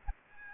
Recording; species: mosquito wingbeat signal from an infrared sensor; Aedes aegypti